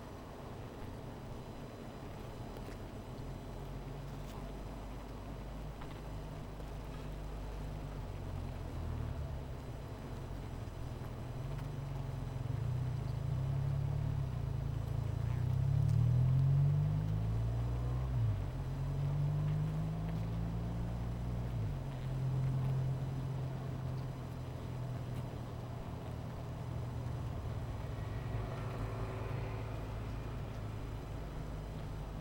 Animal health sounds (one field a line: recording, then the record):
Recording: honeybee colony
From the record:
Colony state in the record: missing queen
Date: 14 July 2017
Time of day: 16:39